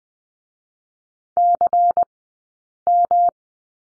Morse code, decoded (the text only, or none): CM